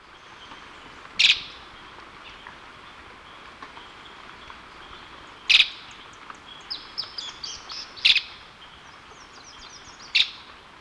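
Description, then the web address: Streak-capped treehunter calls: four sharp, harsh, explosive notes spaced a few seconds apart, with faint high twittering between them. Recorded in Ecuador. "Natures Songs S America Birds of Ecuador Streak-capped Treehunter"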